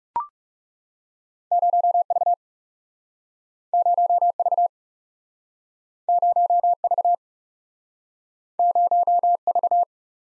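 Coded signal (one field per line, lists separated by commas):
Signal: Morse code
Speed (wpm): 42 wpm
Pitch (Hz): 700 Hz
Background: none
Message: 0V 0V 0V 0V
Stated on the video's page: Morse practice of two letter-number combinations, speed-racing format starting at 30 wpm and slowing to base speed, with a final repeat at maximum speed.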